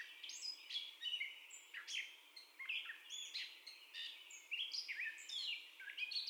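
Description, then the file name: Gray catbird song made of rapid varied phrases: chirps, squeaks and slurred whistles jumbled together with short pauses between bursts. First song, recorded 30 May 2021. "2021-05-30 Catbird First Song"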